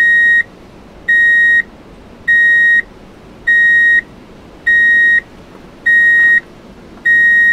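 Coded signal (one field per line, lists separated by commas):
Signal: alarm pattern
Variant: vehicle reversing beeper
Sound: repeating steady high beeps, about one per 1.2 seconds, 7 beeps in all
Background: low background rumble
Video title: car reverse sound car back sound effect car reverse beep truck reverse gudu gama music #soundeffect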